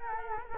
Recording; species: mosquito wingbeat signal from an infrared sensor; Culex quinquefasciatus